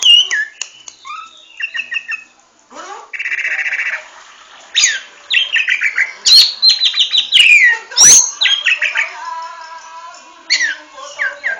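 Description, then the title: Orange-headed thrush singing a varied run of whistles, descending slurred notes, buzzy trills and rapid repeated chips, phrases following one another with brief gaps. Singing in full voice in the 'teler' style; described as champion-class. "Suara Burung Anis Merah Gacor Teler Doyorng Juara"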